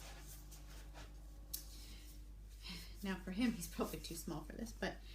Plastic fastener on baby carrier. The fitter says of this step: same goes for here slide it down and it clicks